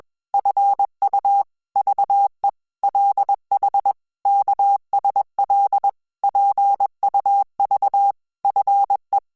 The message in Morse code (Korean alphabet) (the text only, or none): 니 라 구 역 질 나